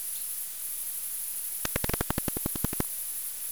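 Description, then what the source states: Bat echolocation heard as a rapid burst of many dry ticks lasting about a second, over constant steady hiss. Recorded on 22 August 2018 with a bat detector.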